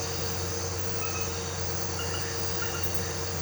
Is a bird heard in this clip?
no